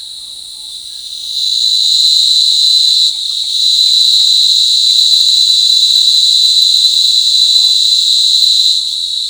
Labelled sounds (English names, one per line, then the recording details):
none
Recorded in forest near Pivijay, Magdalena, Colombia, on 14 April 2023 at 12:30
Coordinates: 10.467, -74.380
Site Z5-G034